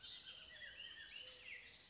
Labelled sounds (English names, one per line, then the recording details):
Bullock's Oriole
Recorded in Sonoma County, California